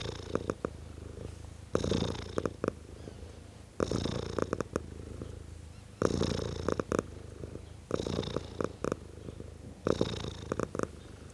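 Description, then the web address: Cat giving a sustained rumbling purr, with rhythmic breathy surges about every two seconds. Tom cat purring. "BBC Sound Effects Library. Tom Cat, Purring"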